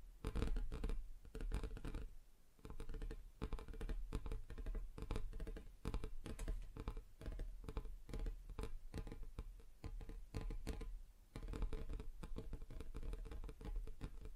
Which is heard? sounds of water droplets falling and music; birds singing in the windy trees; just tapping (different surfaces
just tapping (different surfaces